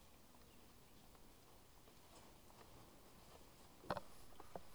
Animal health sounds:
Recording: poultry house recording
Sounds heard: healthy chickens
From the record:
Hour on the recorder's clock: 12

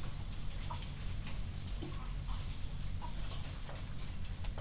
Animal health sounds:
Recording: poultry house recording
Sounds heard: healthy chickens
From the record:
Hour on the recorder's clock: 21

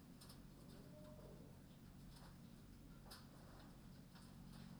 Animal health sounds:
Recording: poultry house recording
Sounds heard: healthy chickens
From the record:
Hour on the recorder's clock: 21

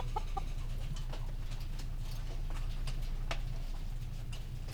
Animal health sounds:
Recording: poultry house recording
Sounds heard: healthy chickens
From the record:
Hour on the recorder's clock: 19

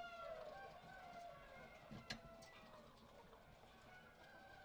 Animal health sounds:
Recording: poultry house recording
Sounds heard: healthy chickens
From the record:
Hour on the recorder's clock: 18

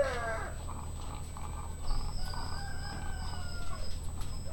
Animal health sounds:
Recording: poultry house recording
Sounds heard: sick chickens (respiratory disease)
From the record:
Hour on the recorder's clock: 1

